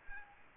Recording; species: mosquito wingbeat signal from an infrared sensor; Aedes aegypti